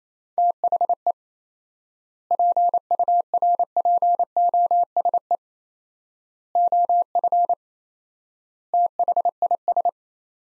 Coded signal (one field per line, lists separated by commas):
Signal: Morse code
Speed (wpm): 28 wpm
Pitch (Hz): 700 Hz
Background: none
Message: THE PURPOSE OF THIS